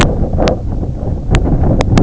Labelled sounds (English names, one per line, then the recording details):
none
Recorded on Arctic tundra, site IGLO-A, on 18 June 2018
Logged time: 11:59